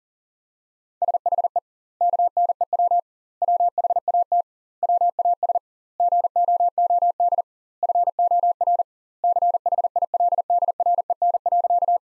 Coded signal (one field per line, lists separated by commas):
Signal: Morse code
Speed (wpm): 40 wpm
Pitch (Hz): 700 Hz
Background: none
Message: SHE KNEW WHAT WAS GOOD FOR CHILDREN.